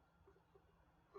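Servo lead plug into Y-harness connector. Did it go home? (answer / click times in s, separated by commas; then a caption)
no / none. A servo lead plug is pushed into a Y-harness connector, yellow wire to yellow and brown to brown, during the build of an FMS Easy Trainer 1280mm 3S 4-channel powered glider PNP. Only a quiet, low handling rustle is heard, with a brief soft bump at about 1.2 s. The plug has not gone in far enough and nothing has clicked yet, so it needs another try.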